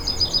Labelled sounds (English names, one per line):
Yellowhammer song